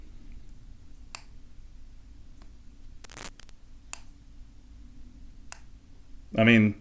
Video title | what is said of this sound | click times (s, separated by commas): New KORE Eclipse Dive Watch : Details & Price? | I'll push it and see if you can see it ratcheted | 1.1 s, 3.9 s, 5.5 s